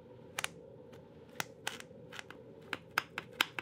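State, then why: Seated. A belt strap is pushed through a ratchet buckle with quarter-inch adjustment notches, producing sharp, bright clicks at 0.4, 0.5, 1.4, 1.7, 3.0 and 3.4 seconds over a low background hum. Each notch engages with an audible click, locking the belt securely at the new length.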